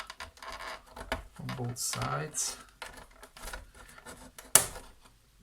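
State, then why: Released. Someone talks while prying around the plastic housing of a Nescafe Dolce Gusto Oblo KP 110 coffee capsule machine, working from both sides, with scattered scraping and small ticks. A single sharp, loud snap at 4.6 s marks the plastic housing clip snapping open and releasing.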